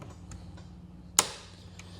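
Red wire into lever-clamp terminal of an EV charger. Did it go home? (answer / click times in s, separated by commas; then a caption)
yes / 1.2 s. A red wire is pushed all the way into a lever-clamp terminal block on a WOLFBOX WE50 EV charger, and the lever is snapped down. A single sharp, bright click at 1.2 s stands out over a low steady hum and a few faint ticks. The wire is seated and clamped.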